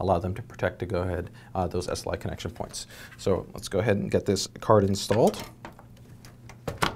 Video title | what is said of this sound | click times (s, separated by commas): Como instalar una tarjeta gráfica [Subtitulado] - Tutorial - ASUS | it's slid in there you're going to hear the retention clip lock into place we're pretty much good to go | 6.8 s